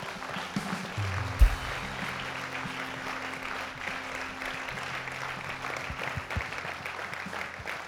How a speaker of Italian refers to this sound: Vogliamo fare un applauso a questi ragazzi.